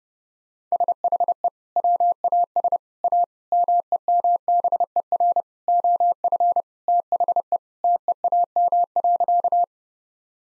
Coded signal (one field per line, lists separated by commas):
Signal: Morse code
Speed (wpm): 30 wpm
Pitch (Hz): 700 Hz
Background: none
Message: SHE WAS A MEMBER OF THE TEAM.